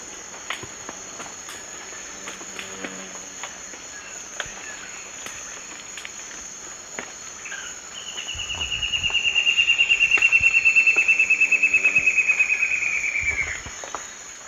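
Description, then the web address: White-browed antbird song: a long, rapid series of clear whistled notes, swelling then fading, sliding gradually lower in pitch over about five seconds, above a steady high insect drone. Recorded in the eastern lowlands of South America. "Natures Songs S America Eastern Lowlands. Myrmoborus leucophrys, song"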